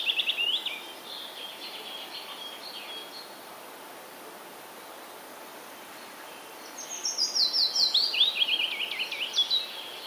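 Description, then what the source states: Willow warbler song: faint notes open, a pause follows, then a louder sweet cascade of slurred whistles descends over about three seconds. Recorded on 19 May 2020.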